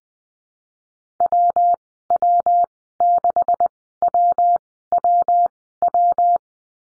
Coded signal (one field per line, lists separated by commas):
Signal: Morse code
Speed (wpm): 20 wpm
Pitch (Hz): 700 Hz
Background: none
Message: WW6WWW